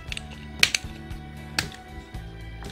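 During transformation of a plastic Transformers Legacy Voyager Class Jhiaxus figure, a plastic panel is pressed and clipped onto the figure's body. Light plastic taps at 0.1 and 0.2 s lead into a loud, sharp snap at 0.6 s as the panel clips into place, followed by a smaller click at 0.7 s and another handling tap at 1.6 s, all over a steady tonal music-like background. The panel is seated.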